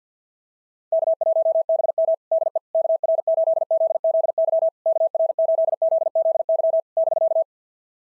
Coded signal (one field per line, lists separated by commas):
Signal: Morse code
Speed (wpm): 46 wpm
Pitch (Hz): 650 Hz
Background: none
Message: K1BM DE KR8ZZY KR8ZZY <BK>